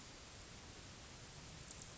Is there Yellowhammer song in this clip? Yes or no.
no